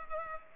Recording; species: mosquito wingbeat signal from an infrared sensor; Culex pipiens